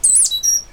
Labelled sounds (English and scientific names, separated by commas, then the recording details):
Stitchbird (Notiomystis cincta) song
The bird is a male
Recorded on Tiritiri Matangi Island, New Zealand, in 2005
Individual 8, of nest box 10